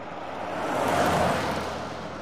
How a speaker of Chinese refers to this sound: 安哲臣吃了一嘴的汽车尾气，眼睁睁地看着雷少爷扬长而去。